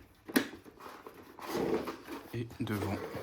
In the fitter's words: et ça vient se clipser tout seul après. Donc derrière